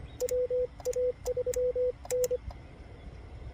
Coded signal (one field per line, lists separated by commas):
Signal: Morse code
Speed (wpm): 24 wpm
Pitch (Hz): 500 Hz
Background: radio noise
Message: WA3N